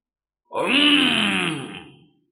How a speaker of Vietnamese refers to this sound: Đột nhiên một tiếng trâu kêu thông qua thần thức chấn ra, khiến cho rất nhiều người không kìm nổi đồng loạt nhìn qua. Sâu trong tinh không, một con trâu xanh từ từ đi tới, chậm rãi cất bước, có một lão già đang ngồi phía trên đó.